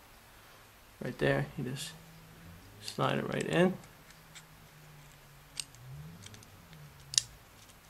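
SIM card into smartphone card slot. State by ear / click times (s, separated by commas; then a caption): seated / 7.2 s. A SIM card is slid into the card slot of a Samsung Galaxy S II smartphone, following the diagram, while someone talks. Soft sliding and scraping sounds lead up to a sharp click at 7.2 seconds as the card seats in place.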